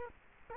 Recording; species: mosquito wingbeat signal from an infrared sensor; Culex quinquefasciatus